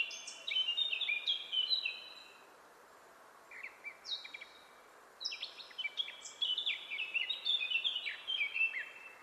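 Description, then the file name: Eurasian blackcap warbling song in several bursts separated by short gaps, each a fast jumble of chattering notes and clear fluty whistles. "Sylvia atricapilla"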